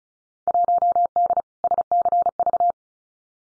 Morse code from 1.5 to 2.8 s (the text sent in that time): SCV